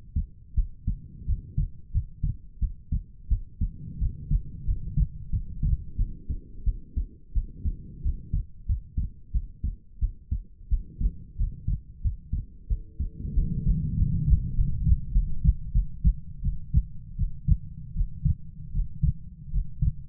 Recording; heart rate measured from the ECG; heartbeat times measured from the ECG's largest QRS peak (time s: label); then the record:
heart sounds by stethoscope; 89 bpm
0.54 s: heartbeat
1.25 s: heartbeat
1.91 s: heartbeat
2.59 s: heartbeat
3.28 s: heartbeat
3.98 s: heartbeat
4.64 s: heartbeat
5.30 s: heartbeat
5.96 s: heartbeat
6.64 s: heartbeat
7.32 s: heartbeat
8.01 s: heartbeat
8.66 s: heartbeat
9.31 s: heartbeat
9.99 s: heartbeat
10.68 s: heartbeat
11.36 s: heartbeat
12.01 s: heartbeat
12.67 s: heartbeat
13.33 s: heartbeat
13.95 s: heartbeat
14.54 s: heartbeat
15.12 s: heartbeat
15.72 s: heartbeat
16.42 s: heartbeat
17.16 s: heartbeat
17.94 s: heartbeat
18.72 s: heartbeat
19.51 s: heartbeat
From the record:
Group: healthy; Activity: rest 0-6 s, Valsalva maneuver 6-20 s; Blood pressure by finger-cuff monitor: 76/51 mmHg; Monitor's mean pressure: 63 mmHg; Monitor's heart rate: 86 bpm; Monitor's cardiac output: 6.7 L/min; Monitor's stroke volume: 78 mL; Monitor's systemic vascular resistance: 620 dyn s/cm5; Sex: female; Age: 19 years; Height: 163 cm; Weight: 48.9 kg